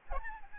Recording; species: mosquito wingbeat signal from an infrared sensor; Aedes albopictus